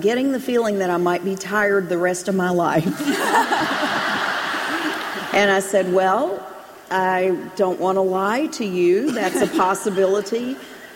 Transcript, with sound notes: I’m getting the feeling that I might be tired the rest of my life.” (Laughter) I said, “Well, I don’t want to lie to you—that’s a possibility.”